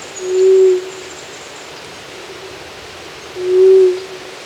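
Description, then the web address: White-throated quail-dove calling with a deep, level hoot, two notes roughly three seconds apart against a quiet hissing background. Ecuador, South America. "Birds of Ecuador. White-Throated Quail-Dove"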